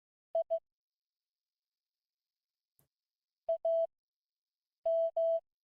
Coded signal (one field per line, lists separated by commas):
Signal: Morse code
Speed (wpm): 16 wpm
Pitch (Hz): 660 Hz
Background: none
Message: I AM